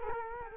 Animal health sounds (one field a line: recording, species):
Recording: mosquito wingbeat signal from an infrared sensor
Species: Culex quinquefasciatus